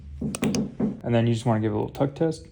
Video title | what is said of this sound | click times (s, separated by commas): We Opened the Stäubli Toolkit – Here's Everything Inside | And then when you're sliding it in, you should hear a clicking noise. | 0.3 s